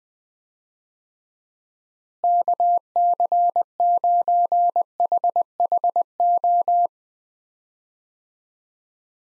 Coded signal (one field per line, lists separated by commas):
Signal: Morse code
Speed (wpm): 20 wpm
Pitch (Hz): 700 Hz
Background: none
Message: KC9HHO